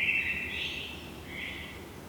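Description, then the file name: Common blackbird: a bright, sustained sound strongest at the start, fading slightly, then a second softer note near the end, over quiet background hiss. "Turdus merula"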